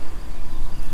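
Someone handles the trap door mechanism on a chicken coop while letting the hens out into the run. A steady buzzing, insect-like hum fills the clip with no sharp transients. Nothing has seated or clicked yet.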